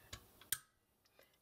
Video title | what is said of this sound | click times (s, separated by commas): Lego Mindstorms EV3 Intelligent Brick | them up and just push it in and you want to hear that click | 0.5 s